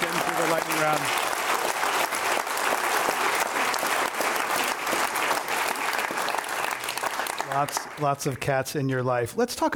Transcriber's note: applause